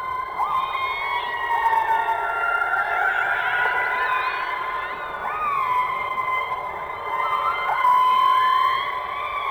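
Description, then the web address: Orca calls underwater, layered harmonic tones holding steady with brief upward flicks and wavering sweeps, overlapping throughout over faint hiss. "subacuatica Orcas"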